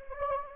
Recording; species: mosquito wingbeat signal from an infrared sensor; Anopheles gambiae